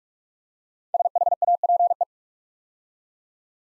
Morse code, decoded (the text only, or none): SHAPE